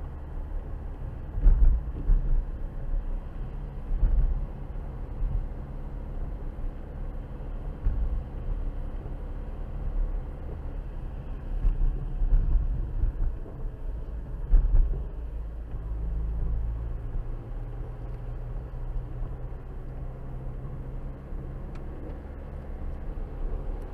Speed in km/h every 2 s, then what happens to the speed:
50, 50, 50, 48, 48, 50, 44, 37, 39, 45, 47, 53.
0-11 steady at about 50. 11-15 slows to 37. 15-24 speeds up to 53.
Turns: none.